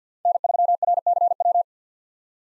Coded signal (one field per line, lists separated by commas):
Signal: Morse code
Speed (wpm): 50 wpm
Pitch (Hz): 700 Hz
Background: none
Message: N3RCW